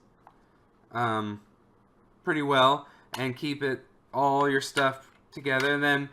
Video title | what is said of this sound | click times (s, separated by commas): Betrayal at House on the Hill Upgrades | got this bottom here which holds all sorts of these monster tokens with this in turn can click into place | 0.3 s